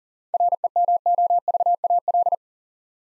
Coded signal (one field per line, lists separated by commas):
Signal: Morse code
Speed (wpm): 38 wpm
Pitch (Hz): 700 Hz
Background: none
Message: REMOVAL